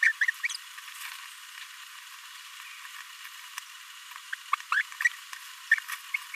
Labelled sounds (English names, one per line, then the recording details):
Green-rumped Parrotlet babbling
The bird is a male
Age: 26 days
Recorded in a nest box in Venezuela
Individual 17B42A3